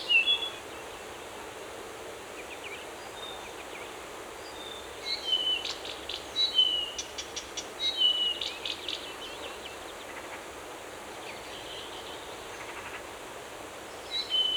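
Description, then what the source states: Birdsong: scattered high chirps and short whistles, a dense burst of clicky notes midway, then sparse whistles over constant background hiss. Forest.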